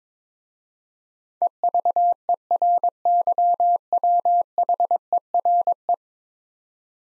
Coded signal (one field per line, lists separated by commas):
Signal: Morse code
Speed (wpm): 23 wpm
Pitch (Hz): 700 Hz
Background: none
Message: EVERYWHERE